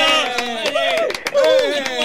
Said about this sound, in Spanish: vamos a dar un fuerte aplauso caluroso a nuestro invitado de hoy, creo que está al otro lado,